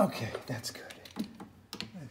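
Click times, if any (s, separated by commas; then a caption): 1.7 s. During an oil change on a 2016 Mercedes-Benz GLA 45 AMG, a torque wrench tightens the oil filter housing until it reaches its setting and clicks. A few light taps and ratcheting sounds come first, then the wrench gives a sharp click at 1.7 s while someone talks.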